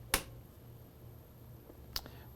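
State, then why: Seated. The mixer arm over the resin tank of a Formlabs Form 4 SLA 3D printer is snapped into its locked position, giving one sharp snap at 0.1 s. Two fainter, shorter clicks follow near 2.0 s and 2.1 s over a low steady hum. The mixer is confirmed seated and locked onto the resin tank.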